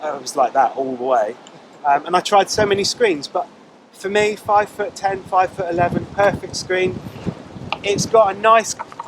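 Someone talks while handling the adjustable windscreen in its height adjuster on a 2020 Honda 800X Crossrunner motorcycle, moving the plastic screen toward a detent position. Speech fills most of the clip, with two brief sharp sounds at the very end around 9.0 and 9.1 s. The screen has not clicked or locked into position yet.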